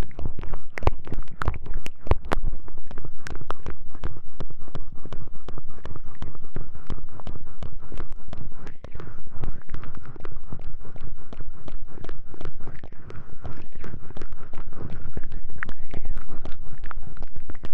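Homemade aloe gel being massaged around the ears: dense, continuous wet squelching and sticky crackles, with sharp clicks and pops every fraction of a second.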